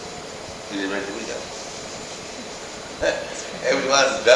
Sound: laughs

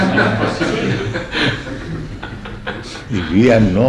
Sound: laughter

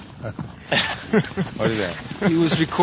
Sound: devotees laughing

